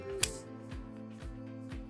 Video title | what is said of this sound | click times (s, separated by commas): Voya 2.0 2-Seat and 4-Seat Stroller Wagon Assembly Video - Radio Flyer | To assemble the front wheels, line up the left and right wheels using the stickers on the frame, then take the caster stem, slide it into the hole, and click it into place. | 0.2 s